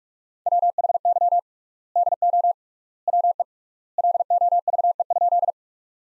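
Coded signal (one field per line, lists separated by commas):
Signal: Morse code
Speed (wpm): 46 wpm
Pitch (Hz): 700 Hz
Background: none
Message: WHY DO WE LOVE?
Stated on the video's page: Practice sentences at 45 wpm with 3x standard word spacing, a word-based Farnsworth-like method.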